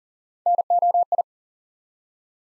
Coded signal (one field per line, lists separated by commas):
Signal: Morse code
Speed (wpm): 40 wpm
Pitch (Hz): 700 Hz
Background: none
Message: NOI